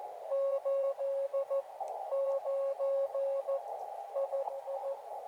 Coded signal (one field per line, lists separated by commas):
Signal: Morse code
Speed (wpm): 14 wpm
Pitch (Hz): 550 Hz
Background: radio noise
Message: 8 9 II